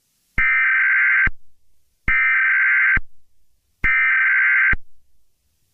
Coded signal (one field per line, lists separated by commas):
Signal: Emergency Alert System (SAME) tones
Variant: header bursts